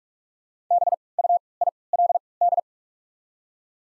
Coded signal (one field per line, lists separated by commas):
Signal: Morse code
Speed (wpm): 44 wpm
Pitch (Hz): 700 Hz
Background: none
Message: B U I L D